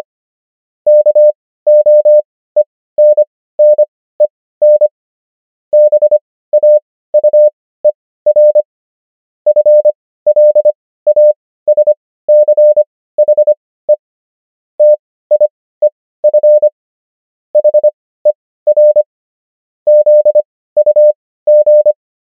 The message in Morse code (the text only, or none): KOENNEN BAUER FLASCHE TIEF HER ZUG